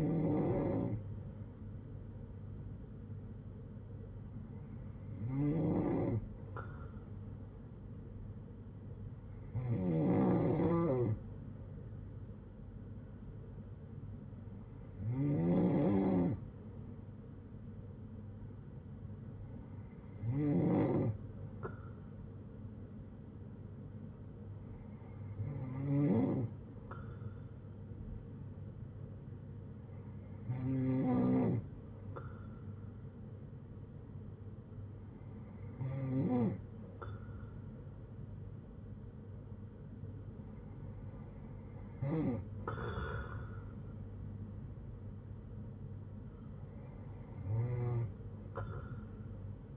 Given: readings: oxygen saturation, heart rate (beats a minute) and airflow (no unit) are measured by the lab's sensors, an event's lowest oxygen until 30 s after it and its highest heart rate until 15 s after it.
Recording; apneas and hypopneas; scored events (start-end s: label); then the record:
breathing in sleep by a smartphone at the bedside; none
18.00-48.00 s: new sleep stage, N3 (deep sleep)
48.00-49.77 s: new sleep stage, N2 (light sleep)
From the record:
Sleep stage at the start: N2 (light sleep); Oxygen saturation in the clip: 93 to 96%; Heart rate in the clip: 59 to 69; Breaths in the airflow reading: 10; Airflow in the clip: -8.2 to 6.1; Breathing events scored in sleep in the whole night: 182 in 7.4 hours asleep